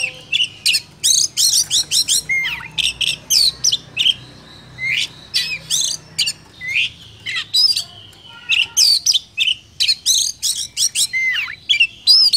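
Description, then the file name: Oriental magpie-robin song, rapid bursts of harsh buzzy notes alternating with clear slurred whistles, in short phrases separated by brief pauses. Lure recording of kacer song used for trapping birds. "suara burung kacer pikat"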